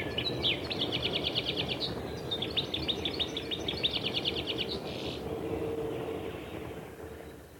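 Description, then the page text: European goldfinch song, rapid tinkling twitter of repeated high notes in two bursts, ending in a short buzzy note and then quiet, over steady low background hum. "Щегол"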